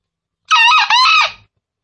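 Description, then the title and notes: Green junglefowl crowing: one harsh, two-part call, the first note buzzy and level, the second rising then falling, just under a second long, with near silence around it. Recording offered as a lure for junglefowl (pemikat), described as real sound. "Panggilan Ayam Hutan. Master Suara Ayam Hutan Hijau Real Sound Green Jungle Fowl. Pemikat Ayam Hutan"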